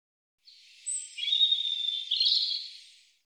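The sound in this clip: European robin giving a thin, high warbling phrase of sweet twittering notes with a brief very high note near the start, lasting about two and a half seconds.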